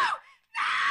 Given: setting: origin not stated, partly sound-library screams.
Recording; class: one-second piece from a danger detection set; woman in danger